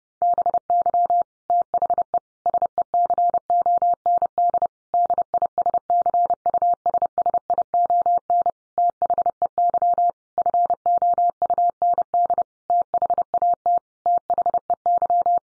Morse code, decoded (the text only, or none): BY THE SECOND DISCUSSION THEY FOUND THAT THEY